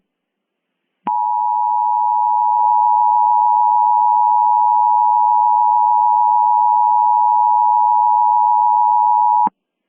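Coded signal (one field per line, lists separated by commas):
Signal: Emergency Alert System (SAME) tones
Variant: 853 and 960 Hz attention tone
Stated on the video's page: Simulated EAS scenario for a lake volcanic eruption, remastered.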